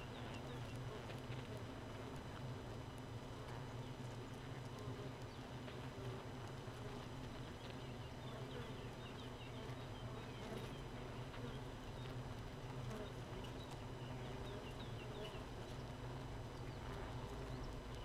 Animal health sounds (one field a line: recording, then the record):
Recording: honeybee colony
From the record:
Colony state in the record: missing queen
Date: 31 May 2018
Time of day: 4:11